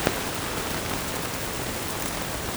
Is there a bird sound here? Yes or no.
no